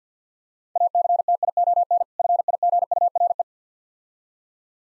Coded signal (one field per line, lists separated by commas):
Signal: Morse code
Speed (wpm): 49 wpm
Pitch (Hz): 700 Hz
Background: none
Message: ACTION FIGURE